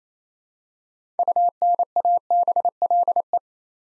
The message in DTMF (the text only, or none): none